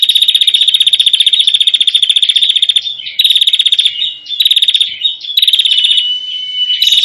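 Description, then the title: Prinia: bird giving an almost unbroken, loud, rapid rattling trill, briefly wavering and changing pitch, with short breaks near the end. Noisy prinia calling used as a lure for prinias, aimed at the red-headed prinia and the 'visiting' prinia. "Suara Prenjak Ribut Buat Pikat Burung Prenjak Kepala Merah Prenjak Tamu"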